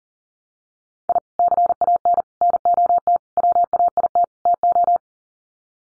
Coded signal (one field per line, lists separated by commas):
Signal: Morse code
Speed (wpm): 40 wpm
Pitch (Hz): 700 Hz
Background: none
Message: I CAN NOT WAIT TO